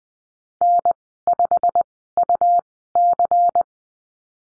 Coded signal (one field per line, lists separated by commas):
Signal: Morse code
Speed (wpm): 20 wpm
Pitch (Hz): 700 Hz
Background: none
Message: N5UC